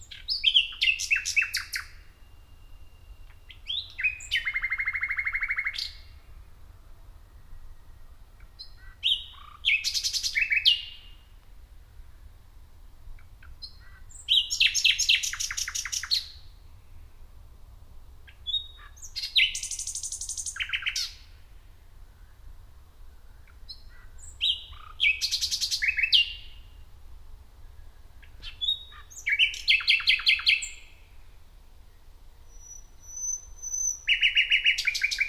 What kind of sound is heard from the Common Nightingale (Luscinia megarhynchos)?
song